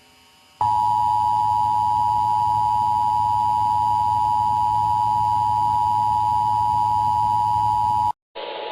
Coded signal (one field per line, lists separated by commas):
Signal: Emergency Alert System (SAME) tones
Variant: 853 and 960 Hz attention tone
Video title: 2011 National EAS Test Explained